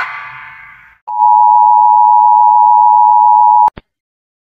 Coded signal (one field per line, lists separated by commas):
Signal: Emergency Alert System (SAME) tones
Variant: 853 and 960 Hz attention tone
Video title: (UPDATED) Gacha Life | Me Rating EAS Alarms Around The World [All Parts + Part 3!]